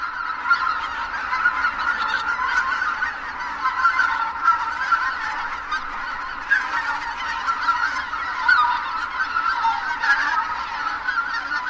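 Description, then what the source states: Greater White-fronted Goose flight calls, a dense continuous chorus of many geese giving high, yelping honks that overlap without pause throughout. Tens of thousands gathering at the evening roost at Kabukuri-numa marsh, Miyagi Prefecture, Japan; geese return at sunset calling to each other after feeding in rice fields by day.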